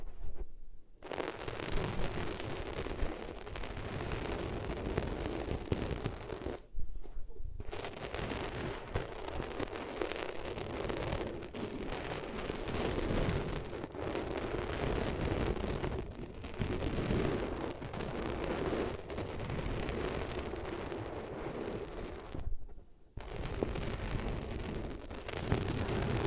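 Rough rubbing against the ears fills nearly every second with a dense, scratchy rush that stays thick from low rumble up to bright hiss. The friction runs steadily, broken by three short silent gaps near 1, 7 and 23 seconds.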